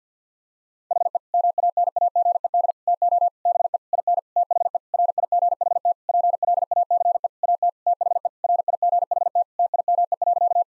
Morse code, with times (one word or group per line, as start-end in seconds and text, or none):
0.9-1.2 HE
1.3-2.7 MANAGED
2.9-3.3 TO
3.5-3.8 BE
3.9-4.2 IN
4.4-4.8 THE
4.9-5.9 RIGHT
6.1-7.3 PLACE
7.4-7.7 AT
7.9-8.3 THE
8.4-9.4 RIGHT
9.6-10.6 TIME.